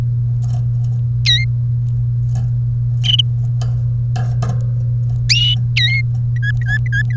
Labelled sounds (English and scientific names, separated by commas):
Domestic Canary (Serinus canaria) song